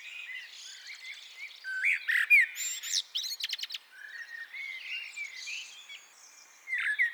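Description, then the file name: Common blackbird song: looping fluty whistles broken by sharp, high, scratchy twittering in the middle, then a softer warble and a louder burst at the very end. "Turdus merula"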